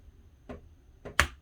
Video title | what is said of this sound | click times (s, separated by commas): Teen Take & Make: Clay Figures & 3D Painting | until you hear a snap and set that aside and that'll keep the glue good | 1.2 s